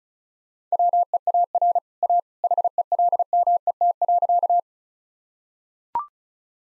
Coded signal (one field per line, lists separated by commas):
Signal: Morse code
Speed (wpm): 34 wpm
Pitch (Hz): 700 Hz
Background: none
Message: WEAR A HELMET.